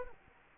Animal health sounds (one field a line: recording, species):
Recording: mosquito wingbeat signal from an infrared sensor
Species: Anopheles arabiensis